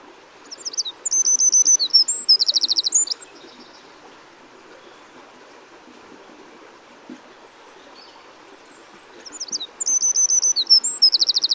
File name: Troglodytes troglodytes